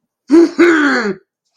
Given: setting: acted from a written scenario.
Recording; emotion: vocal sound without words; pride